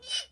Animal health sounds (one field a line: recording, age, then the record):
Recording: pig call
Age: piglet (1 to 25 days)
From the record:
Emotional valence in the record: negative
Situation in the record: castration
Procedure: castration, cut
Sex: male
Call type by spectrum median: high-frequency call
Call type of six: high-frequency stable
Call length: 0.32 s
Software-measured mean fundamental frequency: 145 Hz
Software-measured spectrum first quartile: 2945 Hz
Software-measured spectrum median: 3728 Hz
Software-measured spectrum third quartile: 5524 Hz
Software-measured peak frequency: 3008 Hz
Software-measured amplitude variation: 189 dB a second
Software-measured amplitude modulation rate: 7.8 a second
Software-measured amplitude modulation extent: 24.1 dB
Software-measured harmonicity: 5.5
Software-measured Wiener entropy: -2.03